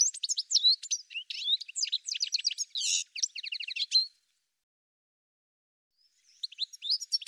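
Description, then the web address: Bird song: about four seconds of dense, high twittering notes and trills, a pause of about two seconds, then another phrase begins. "cianscape birddata"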